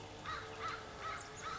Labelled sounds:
American Crow (Corvus brachyrhynchos)

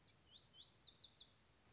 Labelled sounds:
Lazuli Bunting (Passerina amoena)

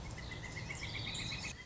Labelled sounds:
Pileated Woodpecker (Dryocopus pileatus)

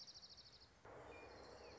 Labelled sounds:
Orange-crowned Warbler (Leiothlypis celata)

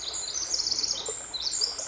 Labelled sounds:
Pacific Wren (Troglodytes pacificus)

